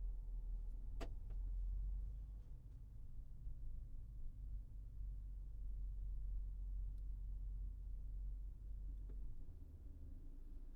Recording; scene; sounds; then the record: everyday scene through a hearing-aid microphone; in a vehicle; engine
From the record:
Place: Berlingo II, diesel engine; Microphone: behind the ear, right, rear